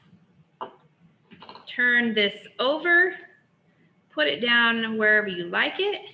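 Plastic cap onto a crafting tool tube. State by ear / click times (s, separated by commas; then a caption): seated / 0.6 s. After a card is coloured, a crafting tool is retracted into its tube and a plastic cap is pushed onto the tube until it snaps shut with a single sharp click at 0.6 s. Someone then talks. The cap is seated.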